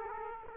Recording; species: mosquito wingbeat signal from an infrared sensor; Aedes aegypti